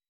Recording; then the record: hydrophone in a shrimp aquaculture tank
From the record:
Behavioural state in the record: weakened